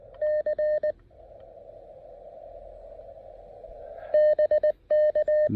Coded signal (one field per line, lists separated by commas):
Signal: Morse code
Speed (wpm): 20 wpm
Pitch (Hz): 590 Hz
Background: none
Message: C BK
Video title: Mountain Topper MTR-3B: Fitting in a quick POTA activation while packing up the campsite!